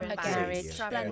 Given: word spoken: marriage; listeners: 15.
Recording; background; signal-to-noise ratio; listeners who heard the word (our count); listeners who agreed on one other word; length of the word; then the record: one English word in noise, from a listening test; four-talker babble; -0.5 dB; 1 of 15; 12 of 15; 0.72 s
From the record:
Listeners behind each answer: 12, 1, 1, 1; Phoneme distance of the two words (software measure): 30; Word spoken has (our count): 2 syllables, 5 phonemes, stress on syllable 1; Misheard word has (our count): 2 syllables, 5 phonemes, stress on syllable 1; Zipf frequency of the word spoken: 4.69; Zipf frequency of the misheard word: 4.46